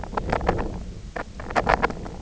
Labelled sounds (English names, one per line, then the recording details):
none
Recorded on Arctic tundra, site IGLO-F, on 24 June 2018
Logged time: 20:00